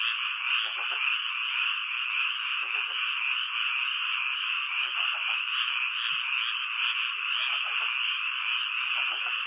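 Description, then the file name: Frogs calling together in a thick continuous chorus, with occasional lower croaks standing out. "kaeru"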